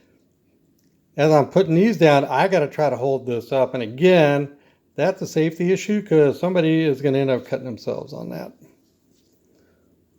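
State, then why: Not seated. A folding blade in the steel handle of a Leatherman Sidekick multitool is handled while a man talks from about 1.1 to 8.7 seconds, with only faint soft handling noise around him. The blade is meant to snap into its open detent but does not lock, and nothing has seated or clicked yet when the clip ends.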